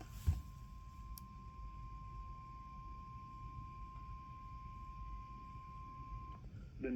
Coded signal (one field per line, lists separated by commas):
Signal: Emergency Alert System (SAME) tones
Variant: 1050 Hz attention tone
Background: speech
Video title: ONE OF MY WORST COMPILATIONS OF ALL TIME - EAS Alerts from 04/04/2023-04/05/2023 (EAS #856-885)